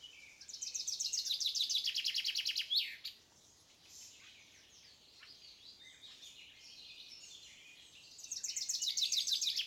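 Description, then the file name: Common chaffinch song: a bright trill of rapid repeated notes ending in a sharp flourish, then quieter bird sounds, and a second trill starting near the end. "Fringilla coelebs"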